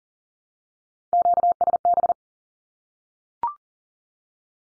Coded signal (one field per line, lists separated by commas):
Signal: Morse code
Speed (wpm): 40 wpm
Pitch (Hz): 700 Hz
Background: none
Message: QSB